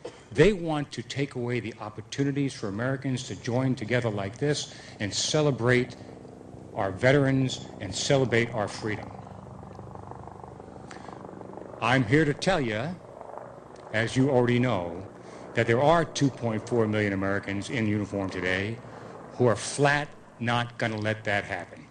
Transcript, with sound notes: They want to take away the opportunities for Americans to join together like this and celebrate our veterans and celebrate our freedom. (Soundbite of helicopter) I'm here to tell you, as you already know, that there are 2.4 million Americans in uniform today who are flat not going to let that happen.